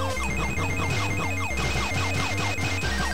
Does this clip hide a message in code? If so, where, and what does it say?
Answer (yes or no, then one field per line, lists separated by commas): no